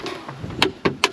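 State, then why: Seated. A snowboard boot is stepped into a Burton Step-On binding; it is the second foot, and the rider leans back on the heel so it clips in. Loud, sharp clicks ring out at 0.6 s and 1.0 s, with another sharp snap at about 0.9 s between them. The boot is seated in the binding.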